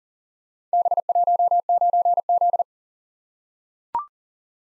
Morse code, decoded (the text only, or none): B19Z